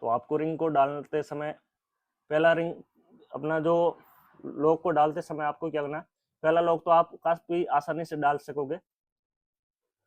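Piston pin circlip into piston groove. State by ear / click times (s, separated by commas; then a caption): not seated / none. A first piston pin lock (circlip) is being handled into its groove on the piston of a Honda Shine 125 motorcycle engine while someone talks in bursts with short pauses. No snap or click is heard, and nothing has seated or clicked yet.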